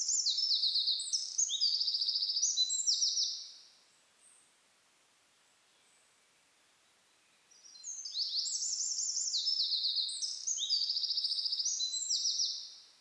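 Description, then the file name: Eurasian wren singing two bursts of shrill, fast trilling song separated by a quiet pause of about four seconds. "Troglodytes troglodytes"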